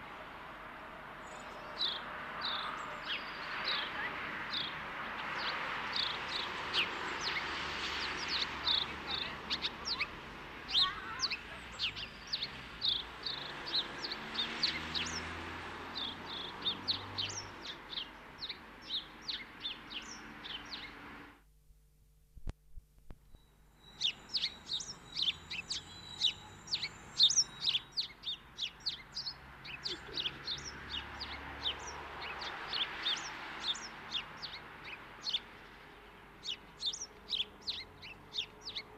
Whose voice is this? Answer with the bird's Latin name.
Passer domesticus